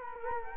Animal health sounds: mosquito wingbeat signal from an infrared sensor; Culex quinquefasciatus

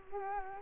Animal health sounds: mosquito wingbeat signal from an infrared sensor; Culex quinquefasciatus

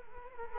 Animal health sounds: mosquito wingbeat signal from an infrared sensor; Culex quinquefasciatus

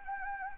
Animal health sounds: mosquito wingbeat signal from an infrared sensor; Anopheles gambiae

